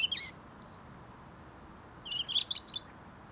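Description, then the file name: European robin with brief, soft, high warbled snatches early on, then a quiet gap and a longer warbled burst, against background hiss. "Erithacus rubecula"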